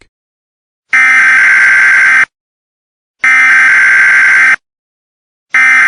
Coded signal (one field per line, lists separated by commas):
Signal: Emergency Alert System (SAME) tones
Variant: header bursts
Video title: The Xmas Blizzard in 2022 an EAS TImeline from Start to Finish with News Reports #winterstorm